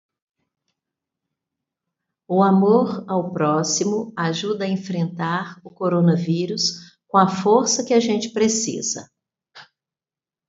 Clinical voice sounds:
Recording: spoken sentence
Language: Brazilian Portuguese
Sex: female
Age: 50 to 59 years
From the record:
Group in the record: control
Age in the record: 53 years

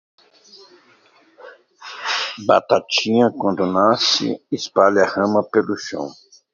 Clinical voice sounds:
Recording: short text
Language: Brazilian Portuguese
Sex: male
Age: 60 to 69 years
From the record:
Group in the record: control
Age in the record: 62 years

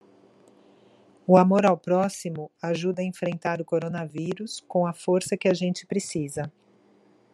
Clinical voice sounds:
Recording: spoken sentence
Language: Brazilian Portuguese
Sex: female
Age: 50 to 59 years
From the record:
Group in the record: control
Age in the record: 51 years

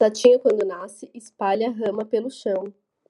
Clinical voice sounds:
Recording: short text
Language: Brazilian Portuguese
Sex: female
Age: 20 to 29 years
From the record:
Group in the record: control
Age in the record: 29 years

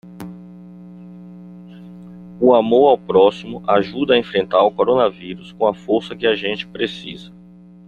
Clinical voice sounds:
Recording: spoken sentence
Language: Brazilian Portuguese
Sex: male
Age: 40 to 49 years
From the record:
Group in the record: control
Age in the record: 49 years

